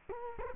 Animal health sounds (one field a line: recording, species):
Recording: mosquito wingbeat signal from an infrared sensor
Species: Culex quinquefasciatus